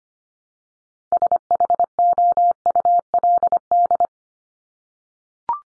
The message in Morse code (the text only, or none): SHOULD